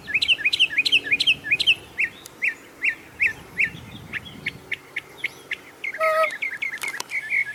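Bird calls: a quick series of bright chirps, some rising and falling, repeated about three times a second, with low rumbling background noise.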